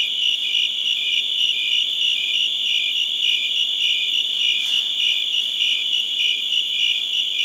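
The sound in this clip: Crickets chirp in a high, pulsing chorus with a continuous trill beneath, one brief faint click midway.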